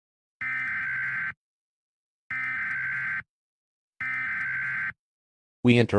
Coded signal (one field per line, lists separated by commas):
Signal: Emergency Alert System (SAME) tones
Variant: header bursts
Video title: EAS Scenario: The return of Elvis Aaron Presley